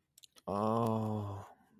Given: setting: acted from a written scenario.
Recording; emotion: vocal sound without words; disappointment